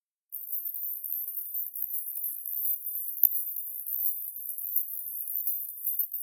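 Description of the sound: A very high-pitched, steady hiss with a faint shimmer, centred around 14 kHz, begins after a brief silence and continues for about six seconds, with no low sounds at all. This is a synthetic tinnitus masker, a high-frequency distractor sound used to cover the ringing of tinnitus.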